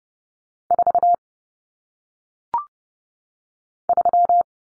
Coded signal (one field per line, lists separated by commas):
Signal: Morse code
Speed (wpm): 30 wpm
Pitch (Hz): 700 Hz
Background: none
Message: 4 3